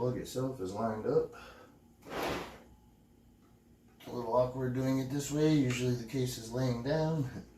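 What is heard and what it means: Someone talks while lining up a PC power cable plug with its motherboard socket, with the latch clip facing the correct direction. A short broadband burst of handling noise comes around 2.2 s, and the talking resumes after a quiet gap at 4.0 s. The plug has not seated or clicked in yet.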